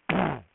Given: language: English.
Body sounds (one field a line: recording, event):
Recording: throat vibration sensor signal played as sound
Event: throat clearing